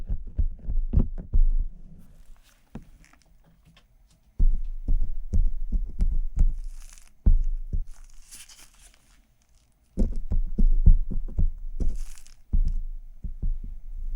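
Soft tapping and scratching with no talking, in uneven clusters of dull, thumping taps that are mostly low and muffled. Brief hissy scratching sounds come through around the middle and again near twelve seconds. Short silent pauses fall between bursts, notably around four and ten seconds.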